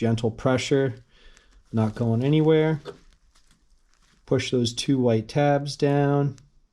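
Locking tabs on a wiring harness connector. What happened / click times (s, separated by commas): Connector tabs handled, not yet locked home / none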